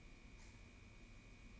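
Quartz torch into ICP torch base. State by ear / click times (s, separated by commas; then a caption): not seated / none. A radial quartz torch for a Spectro ARCOS MV ICP is handled as it is pushed down into the torch base around the injector. Only a steady low background hum with a constant high tone and a faint brief rustle near 0.4 s is heard. The torch has not clicked or seated yet.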